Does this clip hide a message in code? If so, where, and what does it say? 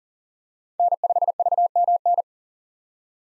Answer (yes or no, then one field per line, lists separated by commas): yes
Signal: Morse code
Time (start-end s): 0.8-2.2 s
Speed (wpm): 40 wpm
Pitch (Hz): 700 Hz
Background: none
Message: N5VMN